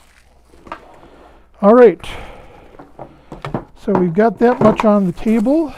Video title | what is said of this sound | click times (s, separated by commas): RGB Video Lights unboxing and test run | like that clicks right in | 0.7 s